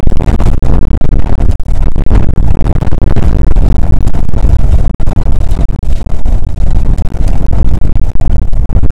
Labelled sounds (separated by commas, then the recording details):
wind
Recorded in the Prudhoe Bay oil fields, Alaska, on 2 August 2019 at 01:31
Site 29